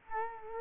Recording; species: mosquito wingbeat signal from an infrared sensor; Culex quinquefasciatus